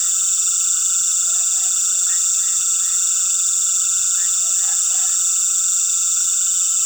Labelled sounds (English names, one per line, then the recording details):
none
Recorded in pastures near Puerto Asís, Putumayo, Colombia, on 19 February 2024 at 19:00
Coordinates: 0.466, -76.323
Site G6384